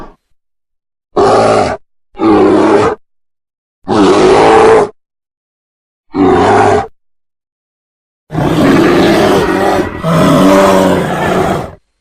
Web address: ayi sesi ayi kukremesi dikkat korkmayin. boz ayi